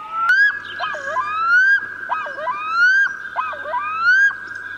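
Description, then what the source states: Black-throated loon call: a long, drawn-out wailing note broken repeatedly by dipping, yodel-like phrases, rich in overtones. Has just arrived in spring; occurs on inland lakes, including lakes in Tyresö.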